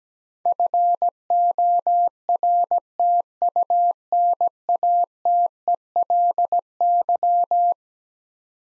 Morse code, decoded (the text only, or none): FORTUNATELY